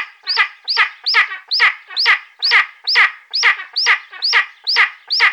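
Spanish imperial eagle calling in a regular series of harsh, yelping barks, each with a brief upward inflection, roughly two per second.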